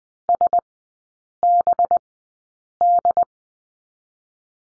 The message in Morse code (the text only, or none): SBD